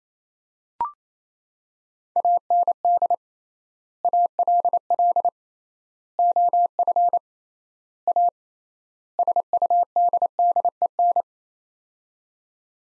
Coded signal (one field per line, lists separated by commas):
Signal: Morse code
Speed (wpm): 27 wpm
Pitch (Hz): 700 Hz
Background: none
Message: AND ALL OF A SUDDEN